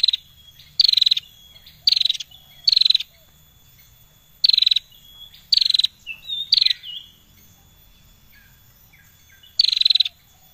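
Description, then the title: Prinia delivering short, buzzy rapid-pulse bursts at irregular intervals, some twittering notes between, then a long pause before a final burst; thin steady high tone throughout. Singing persistently (gacor); recording intended as tutor song for training songbirds. "Prenjak Lancur Gacor Untuk Masteran"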